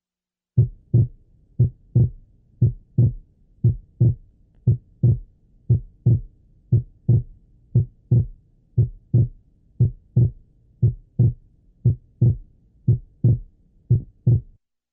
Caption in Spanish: En el bloqueo de la rama derecha, como consecuencia de un retardo en la activación del ventrículo derecho, el segundo ruido pulmonar se encuentra retrasado. Ausculte el desdoblamiento durante la expiración. La inspiración, aún ocurre el esperado retraso del segundo ruido pulmonar debido al aumento del llenado ventricular derecho y el desdoblamiento aumenta todavía más. Durante la expiración existe un desdoblamiento que se vuelve más notable en la inspiración. El diagnóstico de bloqueo de la rama derecha del haz puede hacerse por la sola presencia de este signo.